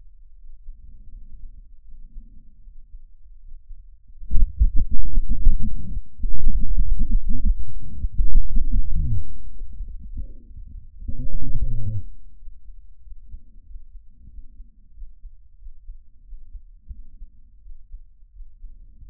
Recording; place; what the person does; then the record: lung sounds by stethoscope; trachea; quiet breathing, then cough and speech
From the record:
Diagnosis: COPD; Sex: male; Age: 59 years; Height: 171 cm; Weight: 91.4 kg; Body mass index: 31.3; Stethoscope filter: bell mode